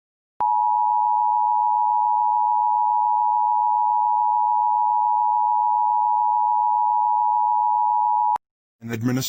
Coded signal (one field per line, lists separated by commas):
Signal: Emergency Alert System (SAME) tones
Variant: 853 and 960 Hz attention tone